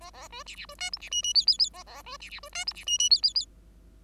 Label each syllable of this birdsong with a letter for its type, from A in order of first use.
A A B C C B D E C F F G G G A A B C C B D E C F F G G G